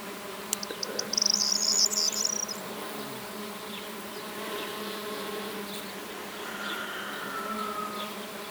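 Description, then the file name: Bees buzzing in a steady, low, humming drone throughout. A brief burst of high chirps comes early, and a faint whistle follows later. Bees on phacelia flowers, 7 June 2021. "2021-06-07 phaselia-bienen"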